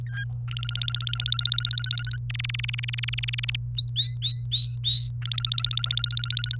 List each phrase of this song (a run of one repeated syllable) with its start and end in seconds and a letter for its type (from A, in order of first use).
0.07-0.24 A, 0.48-2.16 B, 2.30-3.56 C, 3.78-5.09 D, 5.22-6.56 B